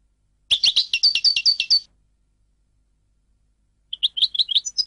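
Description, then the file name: European goldfinch giving a brisk series of high, chirpy twittered notes, a pause, then a second quick twittering phrase. "audio burung goldfinch"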